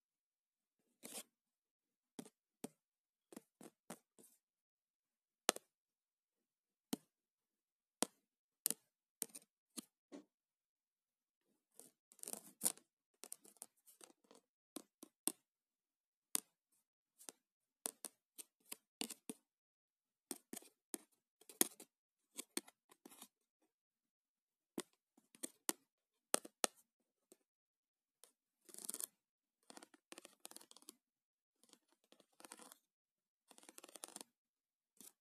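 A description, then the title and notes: A debit card is handled: sharp clicks and taps scattered irregularly, with short scraping and snipping runs near 12–15, 29–31 and 33–35 seconds. Between events there is near silence. ASMR - Debit card sounds.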